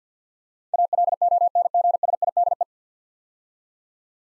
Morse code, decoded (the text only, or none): ALONGSIDE